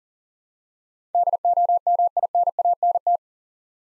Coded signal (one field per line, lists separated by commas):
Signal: Morse code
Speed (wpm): 40 wpm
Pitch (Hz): 700 Hz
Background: none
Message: DOMINANT